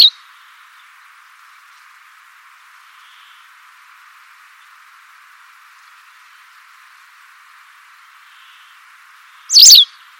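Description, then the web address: White wagtail call: a single sharp, high note near the end, with a brief clipped note at the very start over a steady soft hiss. "cianscape birddata Deverinetal 2025"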